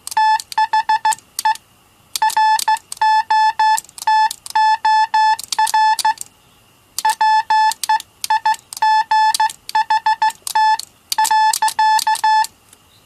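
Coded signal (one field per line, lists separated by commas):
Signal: Morse code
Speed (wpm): 15 wpm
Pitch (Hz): 870 Hz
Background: none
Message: THE ROTOR WEIGHT.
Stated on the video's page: Sent with a fully-automatic rotary bug whose single oscillating pendulum makes both dots and dashes.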